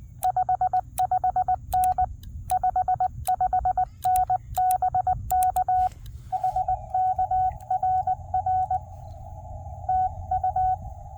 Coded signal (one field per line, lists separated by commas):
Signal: Morse code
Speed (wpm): 20 wpm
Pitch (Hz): 740 Hz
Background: none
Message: 55N 55N BK HK RR TU